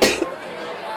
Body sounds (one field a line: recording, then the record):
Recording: coughing mixed with background sound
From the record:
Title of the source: 61 morning phlegmy cough...again